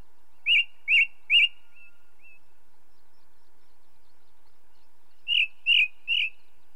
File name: Ring Ouzel song, with song of second bird, red grouse and cuckoo in background